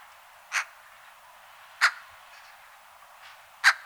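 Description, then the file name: Eurasian magpie uttering three rough, scratchy calls spaced one to two seconds apart, each short and noisy. "Pica pica"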